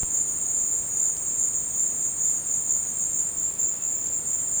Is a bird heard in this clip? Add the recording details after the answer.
no. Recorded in dense forest near Puerto Asís, Putumayo, Colombia, on 22 December 2024 at 14:00. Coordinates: 0.466, -76.327. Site G075